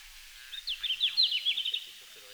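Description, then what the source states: Red-flanked bluetail singing a clear, high, quick phrase of bright, slightly descending notes lasting about a second, with a quiet background. Recorded in Finland on 17 June 2019 at 17:00.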